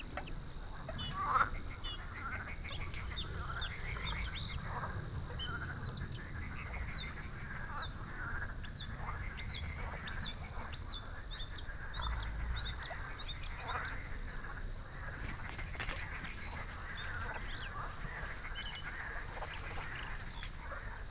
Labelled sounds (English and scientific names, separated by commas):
Bluethroat (Luscinia svecica) song